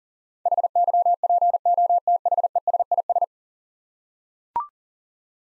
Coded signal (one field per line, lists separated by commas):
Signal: Morse code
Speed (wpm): 40 wpm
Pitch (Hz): 700 Hz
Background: none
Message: HYPOTHESIS